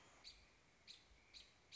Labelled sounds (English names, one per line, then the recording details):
American Robin
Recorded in Sonoma County, California